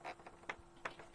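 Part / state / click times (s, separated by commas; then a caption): plastic bracket onto model neck section pegs / seated / 0.5 s, 0.9 s. A plastic bracket on the neck section of a Dalek model kit is pressed further onto its pegs. Two sharp clicks at 0.5 s and 0.9 s show it snapping further into place, with a faint softer tick at 0.3 s. The bracket is seated.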